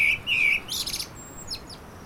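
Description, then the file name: Common blackbird song fragment: two short fluty whistled notes followed by a brief burst of high, thin twittering. "Turdus merula"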